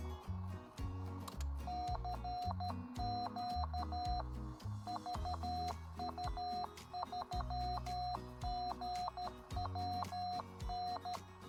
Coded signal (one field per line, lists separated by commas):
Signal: Morse code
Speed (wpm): 13 wpm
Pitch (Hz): 720 Hz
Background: music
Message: CQ VU3GWN